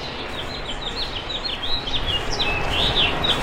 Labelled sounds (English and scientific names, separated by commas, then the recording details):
House Finch (Haemorhous mexicanus) song
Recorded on Long Island, New York, on 7 June 2011
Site MV
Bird C